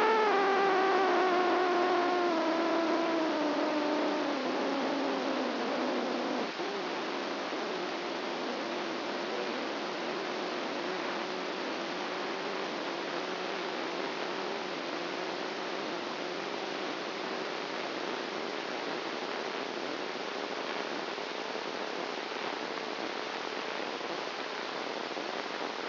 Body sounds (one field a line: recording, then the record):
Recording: brain microelectrode recording played as sound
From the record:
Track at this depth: inside the subthalamic nucleus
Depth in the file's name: 3.902 mm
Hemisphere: left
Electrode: 2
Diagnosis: Parkinson's disease